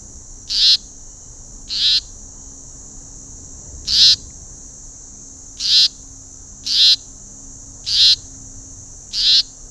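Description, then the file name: Leaden flycatcher giving seven harsh, buzzy rasping calls at short, uneven intervals over a constant high-pitched background hiss. "Myiagra Rubecula"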